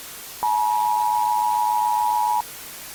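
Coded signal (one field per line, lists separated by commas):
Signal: Emergency Alert System (SAME) tones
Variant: 853 and 960 Hz attention tone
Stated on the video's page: Simulated EAS scenario of a 2032 asteroid impact, with attack warnings and evacuation orders.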